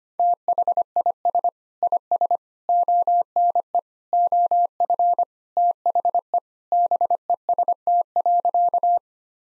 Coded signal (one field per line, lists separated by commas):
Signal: Morse code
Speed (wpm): 25 wpm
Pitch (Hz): 700 Hz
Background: none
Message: THIS IS ONE OF THE BEST.